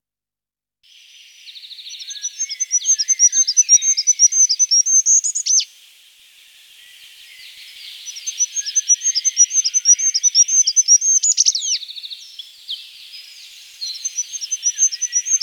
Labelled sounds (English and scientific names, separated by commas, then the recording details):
Goldcrest (Regulus regulus) song
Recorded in the wild
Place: Kandel /Schwarzwald; Waldkirch, Baden-Württemberg, DE
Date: 1984-06-30
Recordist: Schwarz, Dieter